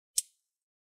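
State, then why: Seated. A RAM stick, inserted at 45 degrees into the SO-DIMM slot of an ASUS X515JA BQ504T laptop, is pressed down toward the motherboard until the side clips snap. A single short, bright, high-pitched click is heard at 0.2 s, fading quickly into silence. The module is seated in the memory slot.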